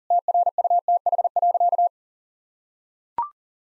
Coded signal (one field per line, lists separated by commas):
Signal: Morse code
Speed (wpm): 40 wpm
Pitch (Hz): 700 Hz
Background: none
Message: TRUTH.